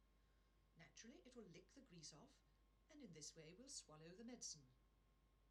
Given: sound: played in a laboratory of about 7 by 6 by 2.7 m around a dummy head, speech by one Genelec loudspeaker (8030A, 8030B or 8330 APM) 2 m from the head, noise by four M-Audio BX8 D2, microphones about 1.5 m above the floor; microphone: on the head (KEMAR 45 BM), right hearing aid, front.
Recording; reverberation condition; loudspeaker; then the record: female speech in English; low; 30 degrees to the right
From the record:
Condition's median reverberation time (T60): about 310 ms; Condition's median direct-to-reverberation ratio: about 3.5 dB